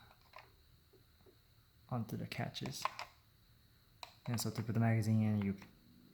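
Someone talks while handling a magazine for a homemade Pedersen device, about to put it into the device's receiver. Faint handling taps come early, and a brief sharp tick sounds at about 4.0 s between the talking. Nothing has seated or clicked into place yet.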